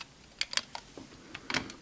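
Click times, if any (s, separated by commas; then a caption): 0.4 s, 0.6 s. A plastic piece of a transforming robot toy is pushed onto the robot's body so that its two spring-loaded pegs snap into two holes. Two sharp clicks are heard close together at 0.4 s and 0.6 s, followed by a fainter tick and a later rattling clatter. The pegs are seated.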